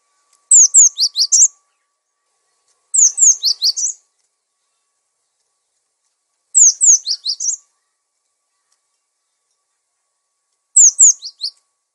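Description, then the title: Songbird: bird song of four near-identical phrases, each a quick run of five or six high slurred whistles falling in pitch, repeated every few seconds. Masteran recording for training songbirds. "Master Burung Jos"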